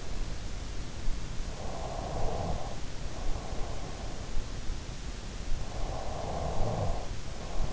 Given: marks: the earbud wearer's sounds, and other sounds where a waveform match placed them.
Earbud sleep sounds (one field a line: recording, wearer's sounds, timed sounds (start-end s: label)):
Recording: sounds in sleep by an in-ear microphone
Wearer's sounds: snoring breath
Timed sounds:
1.04-3.86 s: snoring breath
5.01-7.73 s: snoring breath